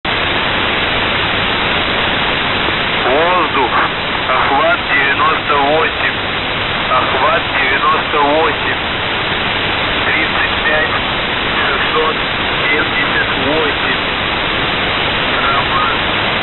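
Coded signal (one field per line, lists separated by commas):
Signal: coded military voice message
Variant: Russian, "The Goose"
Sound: a voice reading words and numbers through heavy hiss on a shortwave channel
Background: radio static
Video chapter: 00:00 - Воздух Охват-98 35678 РЕНТА 8030 9478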